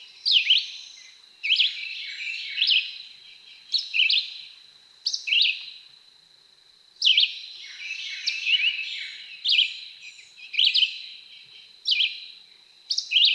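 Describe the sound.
Red-eyed Vireo song of quick, choppy whistled phrases, some rising and some falling, delivered in bursts with short gaps, over a steady high hiss.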